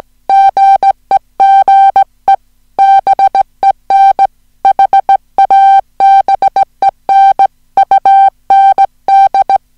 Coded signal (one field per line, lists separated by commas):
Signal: Morse code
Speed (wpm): 17 wpm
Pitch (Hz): 780 Hz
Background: music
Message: GEGEBEN HABEN UND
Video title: Daedons - eine Kurzgeschichte in Morse - Teil 1 der Serie "Listen & Copy"